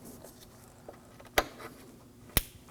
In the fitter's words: Make sure you hear that click.